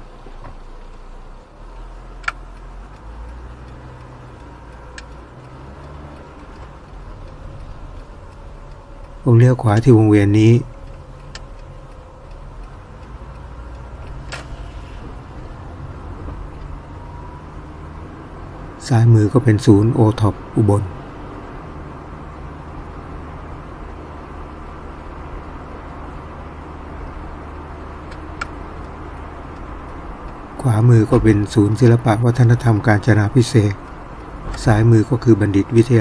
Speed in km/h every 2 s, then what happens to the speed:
4, 13, 17, 17, 16, 15, 20, 25, 32, 40, 47, 51, 52, 54, 54, 52, 50, 48.
0-4 speeds up to 17. 4-11 steady at about 16. 11-22 speeds up to 51. 22-28 steady at about 52. 28-36 slows to 48.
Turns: 8-12.